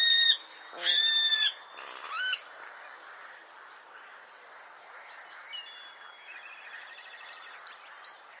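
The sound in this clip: Bird calls: a short clear note, then a longer nasal, harmonic squawk, and a brief rising note, followed by faint twittering.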